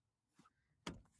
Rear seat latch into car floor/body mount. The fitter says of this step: clicks into place